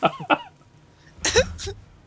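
An adult woman who is sick: two brief voiced bursts are followed by two harsh, noisy cough bursts about half a second apart. The coughs sound forceful and somewhat wet.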